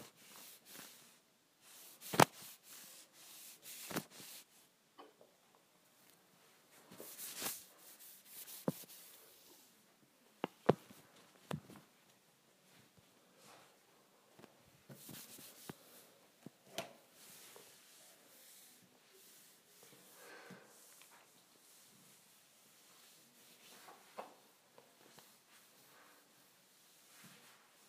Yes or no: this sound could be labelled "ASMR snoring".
no